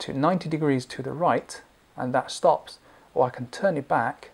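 Someone talks while handling the rotating lens barrel on an action camera body, turning it 90 degrees to the right until it stops and then starting to turn it back toward center. Nothing has clicked into its detent yet; the clip ends before the lens barrel seats.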